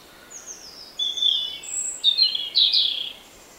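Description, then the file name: European robin song: a run of high, thin whistles and tinkling notes at varied pitches, ending in a brighter, louder warbled flourish, with faint steady background hiss. "Erithacus rubecula"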